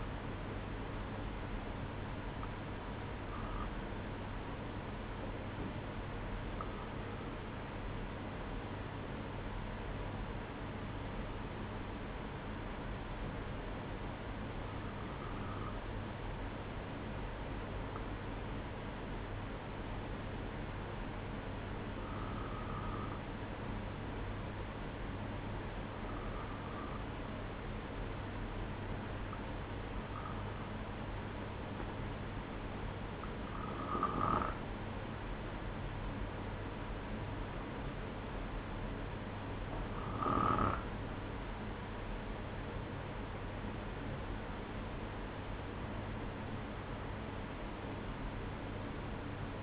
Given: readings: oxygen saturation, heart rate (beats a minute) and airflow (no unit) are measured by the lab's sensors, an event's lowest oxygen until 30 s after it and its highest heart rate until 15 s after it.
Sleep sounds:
breathing in sleep by a voice recorder at the bedside; none
none scored
From the record:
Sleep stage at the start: N1 (lightest sleep); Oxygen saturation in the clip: 92 to 94%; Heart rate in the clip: 59 to 65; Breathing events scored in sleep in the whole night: 305 in 9.6 hours asleep

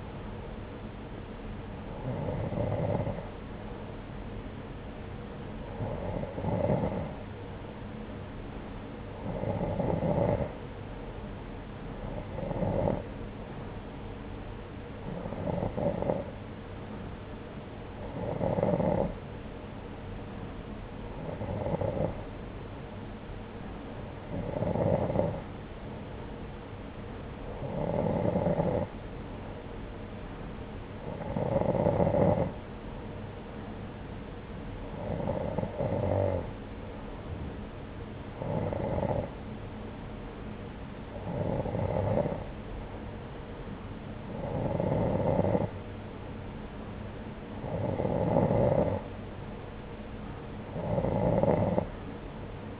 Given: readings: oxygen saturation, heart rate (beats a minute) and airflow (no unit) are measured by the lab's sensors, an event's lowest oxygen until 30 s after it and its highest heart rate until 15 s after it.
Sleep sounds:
breathing in sleep by a voice recorder at the bedside; none
none scored
From the record:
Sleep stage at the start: N2 (light sleep); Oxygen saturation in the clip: 90 to 91%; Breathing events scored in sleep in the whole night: 303 in 8.1 hours asleep

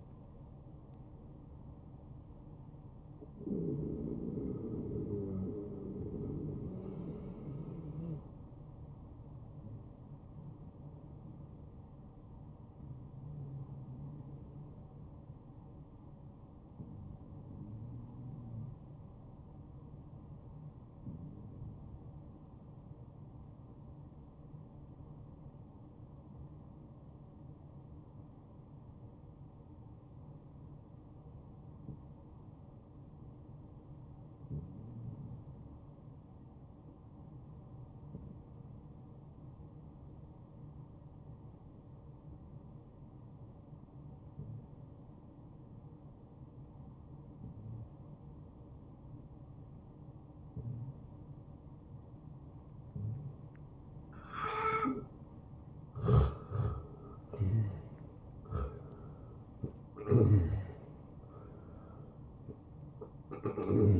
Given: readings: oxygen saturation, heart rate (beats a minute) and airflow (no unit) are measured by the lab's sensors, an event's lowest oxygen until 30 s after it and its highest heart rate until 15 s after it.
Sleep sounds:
breathing in sleep by a smartphone at the bedside; 1
19.00-54.20 s: obstructive apnea (N1, oxygen 96% highest, then 87% lowest, heart rate 69 at the start, 79 highest)
23.00-53.00 s: new sleep stage, N2 (light sleep)
53.00-64.00 s: new sleep stage, N1 (lightest sleep)
From the record:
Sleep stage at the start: N1 (lightest sleep); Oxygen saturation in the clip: 82 to 96%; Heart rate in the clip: 56 to 81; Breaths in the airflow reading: 7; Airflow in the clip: -14.9 to 8.5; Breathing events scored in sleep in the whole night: 263 in 5.5 hours asleep

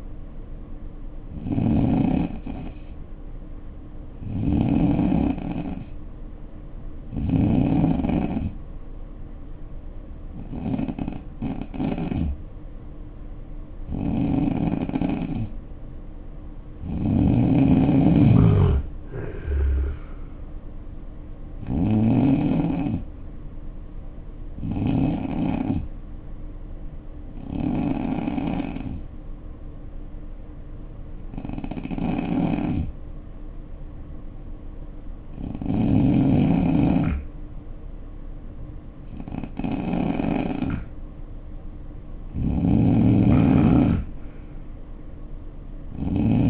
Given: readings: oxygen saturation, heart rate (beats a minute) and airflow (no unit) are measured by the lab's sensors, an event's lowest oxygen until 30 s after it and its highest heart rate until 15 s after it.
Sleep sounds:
breathing in sleep by a smartphone at the bedside; 2
4.00-19.10 s: hypopnea (N2, oxygen 90% highest, then 88% lowest, heart rate 67 at the start, 71 highest)
27.00-41.90 s: hypopnea (N2, oxygen 90% highest, then 88% lowest, heart rate 68 at the start, 68 highest)
From the record:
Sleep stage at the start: N2 (light sleep); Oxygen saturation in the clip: 88 to 92%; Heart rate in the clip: 56 to 71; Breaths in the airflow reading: 13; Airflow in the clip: -5.0 to 9.6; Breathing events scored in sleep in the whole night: 520 in 7.2 hours asleep

